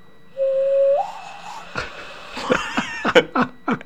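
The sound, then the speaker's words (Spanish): A person improvises an imitation of red fox calls, as heard in Yosemite, California, with their voice: a thin whistling tone that slides upward, then a run of harsh, raspy yelps and short barks in uneven bursts. “¿Y cómo sonaban esos zorros? Sonaban algo así.”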